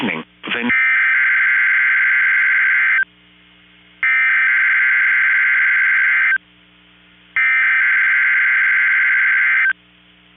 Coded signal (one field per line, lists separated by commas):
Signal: Emergency Alert System (SAME) tones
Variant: header bursts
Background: speech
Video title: (EAS) Required Weekly Test (KEC65 Minneapolis/St.Paul MN)